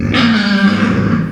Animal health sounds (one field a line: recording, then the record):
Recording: squeal of a Yucatan mini pig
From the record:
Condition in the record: after surgery on the right vocal fold (resection and tissue-engineered implant)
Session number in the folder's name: 14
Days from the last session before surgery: 133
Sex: female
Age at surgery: 19 weeks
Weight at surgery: 25 kg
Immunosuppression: prednisolone